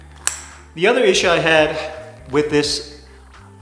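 A plastic quick-release buckle on the nylon chin strap of a Shuder Japanese-style boxing headgear is fastened into its receiving clip, giving one sharp click at 0.3 s. Someone then talks. The buckle clicks shut and the strap is seated.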